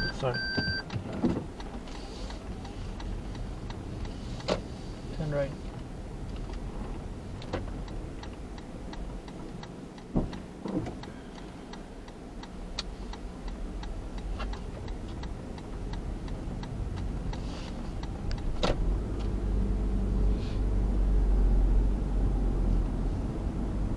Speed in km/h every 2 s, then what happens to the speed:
0, 0, 0, 9, 9, 0, 0, 7, 13, 18, 23, 25.
0-4 standing. 4-6 pulls away to 9. 6-10 slows to 0. 10-13 standing. 13-24 pulls away to 25.